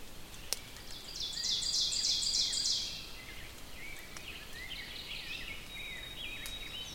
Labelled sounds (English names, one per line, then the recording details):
Ovenbird song
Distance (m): 40 m
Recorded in boreal forest in Alberta, Canada, on 6 June 2016 at 05:14
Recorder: SongMeter 3, array SBT-3-51
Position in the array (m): 228 m, 7 m
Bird 27